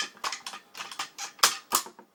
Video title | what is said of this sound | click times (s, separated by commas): CYMA Thompson disassembly/field strip | there we go you see it is snapped into place | 1.4 s